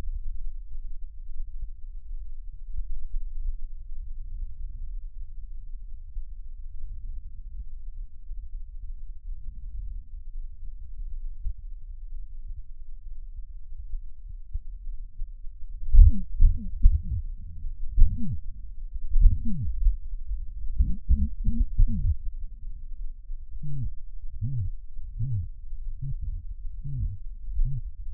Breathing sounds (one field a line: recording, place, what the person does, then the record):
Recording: lung sounds by stethoscope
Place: right anterior apical chest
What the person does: quiet breathing, then cough and speech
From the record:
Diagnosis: COPD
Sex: male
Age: 70 years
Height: 170 cm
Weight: 74 kg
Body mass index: 25.6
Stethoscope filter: bell mode